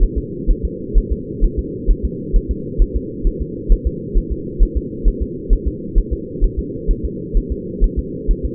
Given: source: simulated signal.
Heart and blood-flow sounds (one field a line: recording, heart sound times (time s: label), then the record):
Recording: fetal heart sounds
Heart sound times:
0.03 s: S1
0.18 s: S2
0.51 s: S1
0.65 s: S2
0.98 s: S1
1.12 s: S2
1.44 s: S1
1.59 s: S2
1.91 s: S1
2.05 s: S2
2.36 s: S1
2.51 s: S2
2.82 s: S1
2.96 s: S2
3.27 s: S1
3.42 s: S2
3.72 s: S1
3.87 s: S2
4.18 s: S1
4.32 s: S2
4.63 s: S1
4.77 s: S2
5.08 s: S1
5.22 s: S2
5.53 s: S1
5.68 s: S2
5.98 s: S1
6.13 s: S2
6.44 s: S1
6.59 s: S2
6.91 s: S1
7.05 s: S2
7.37 s: S1
7.52 s: S2
7.84 s: S1
7.99 s: S2
8.31 s: S1
8.45 s: S2
From the record:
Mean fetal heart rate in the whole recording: 130 bpm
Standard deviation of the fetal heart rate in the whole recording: 2 bpm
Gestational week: 38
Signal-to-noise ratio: -4.1 dB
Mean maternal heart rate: no maternal heart sound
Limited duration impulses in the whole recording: absent